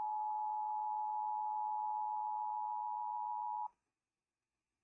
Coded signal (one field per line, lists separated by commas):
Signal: Emergency Alert System (SAME) tones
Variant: 853 and 960 Hz attention tone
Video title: The world plunges into a deep silent night | An EAS Scenario reaction